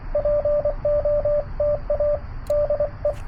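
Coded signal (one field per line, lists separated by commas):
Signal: Morse code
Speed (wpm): 24 wpm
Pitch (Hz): 590 Hz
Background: radio noise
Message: POTA DE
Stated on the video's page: CW Parks On The Air activation at 100 W using an FT-891, WRC antenna and Begali Expedition key, under great band conditions.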